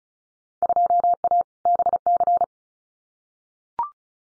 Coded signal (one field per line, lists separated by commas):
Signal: Morse code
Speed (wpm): 36 wpm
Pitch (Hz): 700 Hz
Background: none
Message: 2A BC